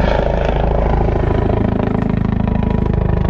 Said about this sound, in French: La marine représentée par la frégate de surveillance Nivoz et ses hélicoptères Panther.